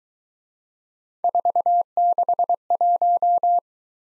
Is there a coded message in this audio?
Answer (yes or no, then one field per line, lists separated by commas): yes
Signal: Morse code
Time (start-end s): 1.2-3.6 s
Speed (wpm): 22 wpm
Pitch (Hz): 700 Hz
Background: none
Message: 461